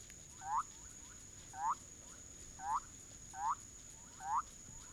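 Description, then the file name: Bolivian thin-toed frog calling: short upward-sweeping notes, five in under five seconds, each a rising whoop with a fainter echo-like note just after; steady high hiss in background. "Leptodactylus bolivianus"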